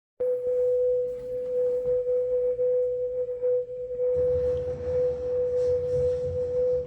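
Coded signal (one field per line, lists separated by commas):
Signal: numbers station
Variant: F06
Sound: a steady unbroken tone held for about seven seconds over hiss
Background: radio static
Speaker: so this stone that you're hearing is going to be f06 which is another type of uh of Russian number station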